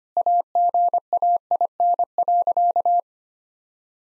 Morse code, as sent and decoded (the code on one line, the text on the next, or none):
.- --. .- .. -. .-.-.-
AGAIN.